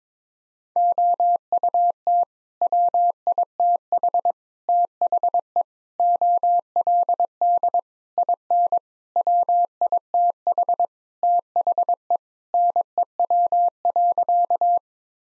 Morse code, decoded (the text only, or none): OUT WITH THE OLD IN WITH THE NEW.